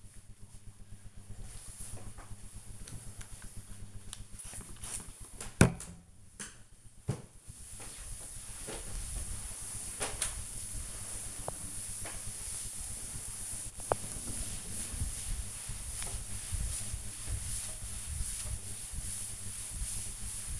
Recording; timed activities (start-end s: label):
household activities, microphone on the right wrist
0.00-1.18 s: making tea
3.21-20.60 s: cleaning table